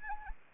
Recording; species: mosquito wingbeat signal from an infrared sensor; Anopheles arabiensis